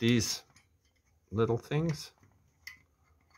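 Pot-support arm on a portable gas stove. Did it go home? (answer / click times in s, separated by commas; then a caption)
yes / 2.7 s. A metal pot-support arm on a portable butane stove is twisted all the way out until it snaps into its groove, seated solidly. Someone talks during the first two seconds, then a short, sharp snap is heard at 2.7 s.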